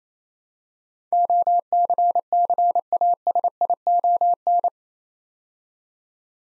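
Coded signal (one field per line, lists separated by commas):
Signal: Morse code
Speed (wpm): 28 wpm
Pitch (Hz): 700 Hz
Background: none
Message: OCCASION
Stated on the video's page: Morse practice at 28 wpm building 8-letter words two letters at a time, for instant character recognition.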